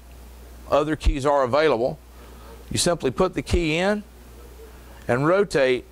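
A small key is put into the built-in, key-operated lock of a Bersa semi-automatic pistol and turned while a man talks throughout. The lock has not clicked into the locked position yet.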